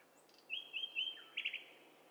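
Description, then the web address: Bird calls: a series of three high, clear chirps followed by a lower slurred note and a quick triple chirp. Several birds calling at once. "Hi Fi STEREO BIRD COCKTAIL PARTY Challenge"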